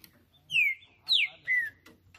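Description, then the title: Green-winged saltator phrase of three loud whistled notes, each slurring downward, spaced about half a second apart, over faint background hum. Singing on a roof during a song contest. "Trinca Ferro CANTANDO MUITO de CARA em CIMA do TELHADO! Disputa INSANA!! TRINCA JUSTICEIRO & FBI"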